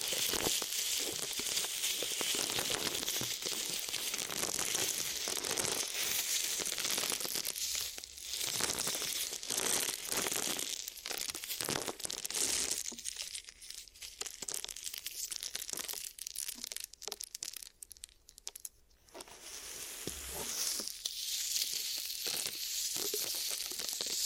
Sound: Glue Ear Massage and Cleaning